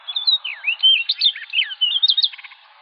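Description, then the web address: Orchard oriole singing a hurried jumble of sweet whistles, sharp upslurs and quick chattering notes, with a few clipped chips at the close. "Orchard Oriole 2007 01 04 Orchard Oriole"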